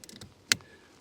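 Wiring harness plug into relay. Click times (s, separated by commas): 0.5 s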